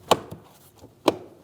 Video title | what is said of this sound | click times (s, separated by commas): How to Replace Front Exterior Door Handles 2016-2025 Chevrolet Malibu | You'll hear it clip into place. | 0.1 s, 1.1 s